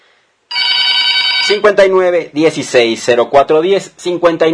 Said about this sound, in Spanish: El teléfono en cabina, ahora sí les gané. Ahí está.